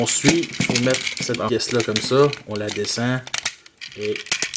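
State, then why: Not seated. Someone talks while lowering a plastic part of a plastic robot action figure into place at the front of the figure's body, with short plastic rattles and two sharp ticks near the end. Nothing has seated or clicked yet; the part is still being handled and not yet home.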